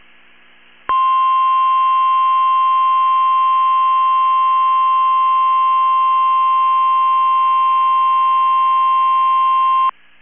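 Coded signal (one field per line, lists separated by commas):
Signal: Emergency Alert System (SAME) tones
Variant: 1050 Hz attention tone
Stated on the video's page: NOAA Weather Radio required weekly test from Minneapolis, captured from an online weather radio stream via browser audio capture.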